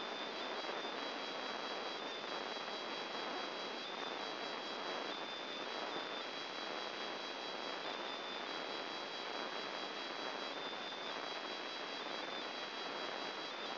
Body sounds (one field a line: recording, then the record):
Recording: brain microelectrode recording played as sound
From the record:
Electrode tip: inside the subthalamic nucleus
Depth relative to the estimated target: 0 mm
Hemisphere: left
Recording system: AlphaMap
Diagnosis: Parkinson's disease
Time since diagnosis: 11 years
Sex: male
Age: 50 years